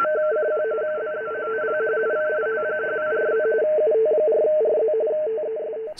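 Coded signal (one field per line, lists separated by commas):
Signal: RTTY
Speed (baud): 45.45 baud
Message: CQ BARTG UT4RZ UT4RZ TEST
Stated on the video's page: RTTY received on an SDRplay RSP1A receiver with a NooElec 1:9 balun.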